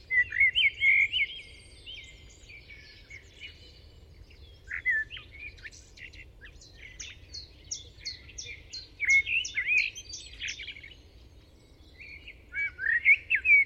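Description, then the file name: Common blackbird, repeated bursts of rich warbling with thin, rapid high ticking notes between phrases, several phrases across the recording. "Turdus merula"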